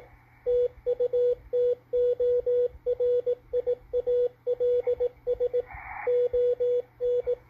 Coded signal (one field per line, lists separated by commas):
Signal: Morse code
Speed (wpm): 19 wpm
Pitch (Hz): 490 Hz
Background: radio noise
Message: TUTORIALS ON